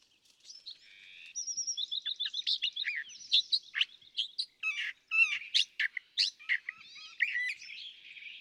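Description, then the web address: California thrasher delivers a long, varied song of chirps, whistled slurs and scratchy notes in quick succession without pause. "birdsongforthecurious California Thrasher"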